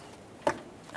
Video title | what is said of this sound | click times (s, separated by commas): How to Replace Windshield Washer Reservoir 2007-2013 Acura MDX | I got a little click from that | 0.5 s